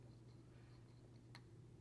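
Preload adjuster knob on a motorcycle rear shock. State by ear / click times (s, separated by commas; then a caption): seated / 1.3 s. Turning the preload adjustment knob on the adjustable rear shock of a 2022 Street Glide motorcycle until it clicks into its first detent setting of 5 (settings run 5, 10, 15, 20). A faint, very short click sounds at 1.4 s over a steady low hum. The knob seats in its first preload setting.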